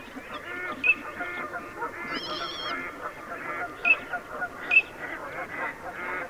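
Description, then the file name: Eurasian teal giving three short, high whistled notes amid continuous nasal quacking chatter. "Alzavola"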